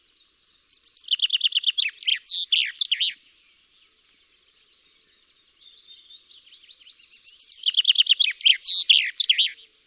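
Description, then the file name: Common chaffinch song: two bright descending trill phrases ending in an emphatic flourish, separated by a pause of a few seconds with faint twittering. "Fringilla coelebs"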